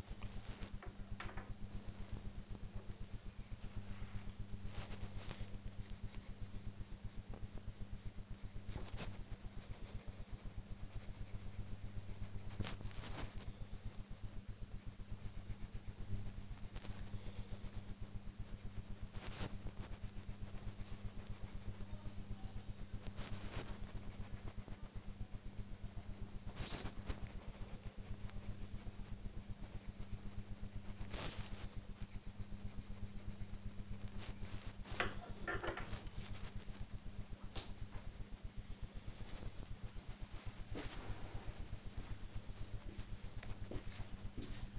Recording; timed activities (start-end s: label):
household activities, microphone on the right wrist
0.00-30.57 s: drawing
34.62-44.79 s: drawing